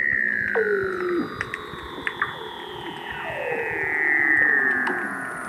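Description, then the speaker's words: Weddell seal singing underwater: long gliding whistles sweep slowly downward, layered with lower falling tones, over a steady crackle of clicks. Weddell seals singing beneath sea ice near Scott Base, Antarctica, where they returned to breed; hydrophone through an ice hole; background clicks and crackling probably from snapping shrimps. "All of those sounds, the space sounds, those bird calls, jungle sounds, everything is seal song."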